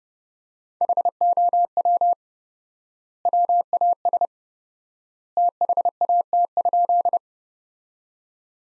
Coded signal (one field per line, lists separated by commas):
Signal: Morse code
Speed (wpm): 30 wpm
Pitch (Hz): 700 Hz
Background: none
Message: HOW WAS THAT?